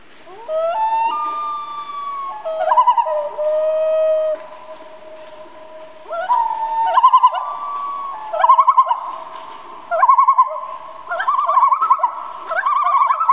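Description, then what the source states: Common loons calling: long, smooth wailing notes stepping up in pitch, then quavering tremolo calls in repeated bursts. Family group, in Canada.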